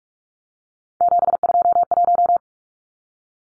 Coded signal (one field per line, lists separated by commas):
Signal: Morse code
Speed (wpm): 44 wpm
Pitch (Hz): 700 Hz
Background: none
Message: 721